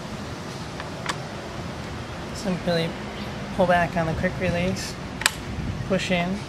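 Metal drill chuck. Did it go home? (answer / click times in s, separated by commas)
no / none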